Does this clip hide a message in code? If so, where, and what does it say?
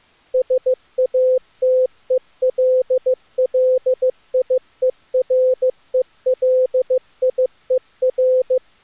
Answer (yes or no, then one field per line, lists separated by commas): yes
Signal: Morse code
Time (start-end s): 0.3-8.6 s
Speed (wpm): 24 wpm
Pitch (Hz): 510 Hz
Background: none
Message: SATELLIERELIER